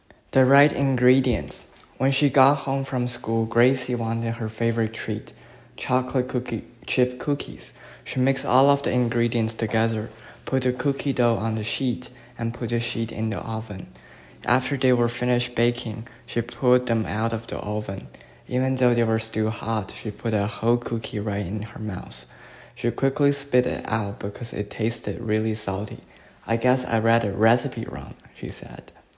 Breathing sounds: reading aloud after running; male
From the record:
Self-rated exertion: light exertion (2 of 6); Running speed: 8 miles an hour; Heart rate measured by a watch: 94 beats a minute at the start, 85 at the end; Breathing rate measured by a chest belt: 31 breaths a minute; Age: 24 years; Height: 175 cm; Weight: 56 kg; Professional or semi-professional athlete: no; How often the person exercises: over 5 times a week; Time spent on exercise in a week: over 5 hours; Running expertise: yes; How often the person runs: over 5 times a week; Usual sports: running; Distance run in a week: 60 km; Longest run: 43 km

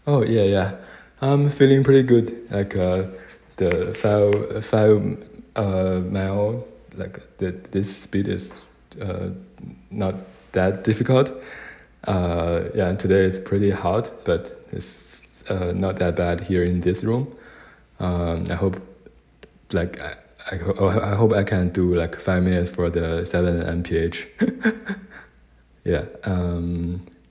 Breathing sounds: free speech after running; male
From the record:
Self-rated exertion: moderate exertion (3 of 6); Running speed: 5 miles an hour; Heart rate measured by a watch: 112 beats a minute at the start, 113 at the end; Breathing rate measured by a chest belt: 12 breaths a minute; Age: 31 years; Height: 178 cm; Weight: 72 kg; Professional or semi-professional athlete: no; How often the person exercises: 3 to 5 times a week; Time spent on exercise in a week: 2 to 3 hours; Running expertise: yes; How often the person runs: 3 to 5 times a week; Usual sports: running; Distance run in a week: 5 km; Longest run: 10 km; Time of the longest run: 65 minutes

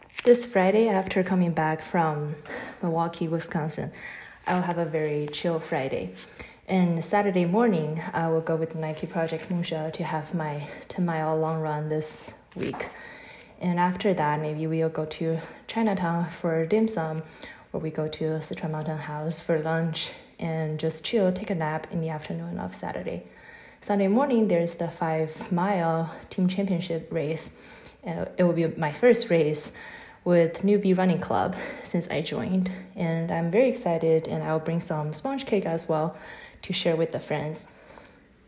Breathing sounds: free speech after running; female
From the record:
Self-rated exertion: vigorous exertion (4 of 6); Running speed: 8 miles an hour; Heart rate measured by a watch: 110 beats a minute at the start, 104 at the end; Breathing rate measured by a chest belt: 17 breaths a minute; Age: 26 years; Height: 172 cm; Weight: 60 kg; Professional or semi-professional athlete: no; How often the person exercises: over 5 times a week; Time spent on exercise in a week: over 5 hours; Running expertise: yes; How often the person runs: 3 to 5 times a week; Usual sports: running, interval training, yoga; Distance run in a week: 50 km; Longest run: 21 km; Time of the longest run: 122 minutes

